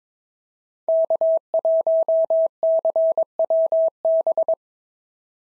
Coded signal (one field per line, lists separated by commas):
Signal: Morse code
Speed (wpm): 22 wpm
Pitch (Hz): 650 Hz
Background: none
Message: K1CWB